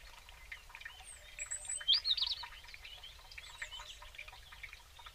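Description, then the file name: European robin giving a quick cluster of high, looping, thin notes, against a continuous chorus of small birds. "Erithacus rubecula"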